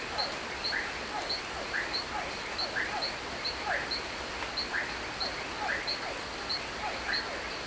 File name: Chuva em chacara a noite grilo bem perto, sapos